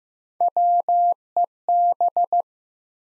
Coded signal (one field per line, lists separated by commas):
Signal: Morse code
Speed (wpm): 15 wpm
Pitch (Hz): 700 Hz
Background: none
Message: WEB